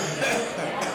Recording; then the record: coughing mixed with background sound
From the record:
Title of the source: Wet Throat Infection Cough